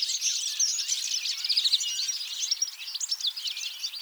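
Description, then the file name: European goldfinch chatter, lively bright chirps and short whistled notes crowded together. "Carduelis carduelis"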